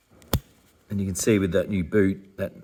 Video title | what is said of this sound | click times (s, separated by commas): EPISODE 44 - DIY LEAF SPRING SUSPENSION ASSEMBLY AND FIRST PROJECT SPOTLIGHT FOR 2021 | audible click there some means that it's locked in there so before it wasn't doing that so now if | 0.3 s